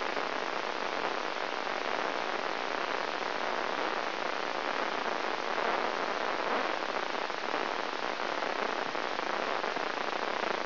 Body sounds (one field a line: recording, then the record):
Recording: brain microelectrode recording played as sound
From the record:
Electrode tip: inside the subthalamic nucleus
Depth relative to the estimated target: -1.5 mm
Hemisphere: left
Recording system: AlphaMap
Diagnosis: Parkinson's disease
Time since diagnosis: 20 years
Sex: female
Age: 65 years